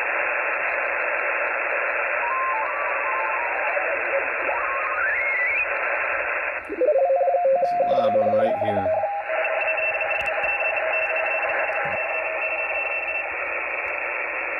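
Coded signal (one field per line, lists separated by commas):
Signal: RTTY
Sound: steady radio hiss, a gliding tuning tone, then a rapid two-tone warbling chatter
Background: radio static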